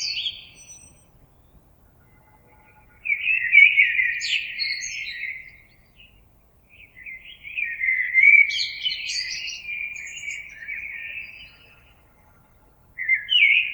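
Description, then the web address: Common blackbird song after a quiet spell: a warbled phrase, then a longer one with high thin twitters, a new phrase starting at the close. Recorded 26 April 2022. "oiseaux Merle 2022 04 26"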